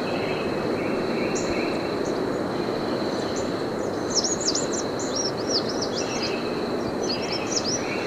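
American redstart, thin high chevron-shaped notes strung into rapid phrases, clearest near the middle and again at the end, over continuous rushing noise and a faint steady whine.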